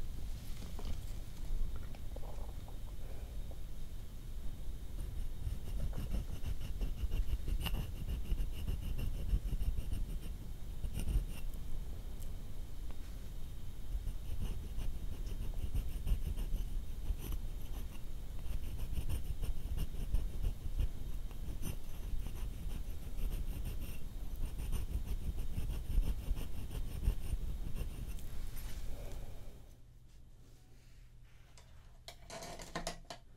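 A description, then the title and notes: Soft rubbing and brushing sounds from a hand massage and nail care session, a dense, steady shuffle with frequent light scratchy ticks. The sound stays even until about 29 seconds, then drops to near silence with a few faint clicks. ASMR Relaxing Hand Massage, Nail Care & Art No Talking (Layered Sounds).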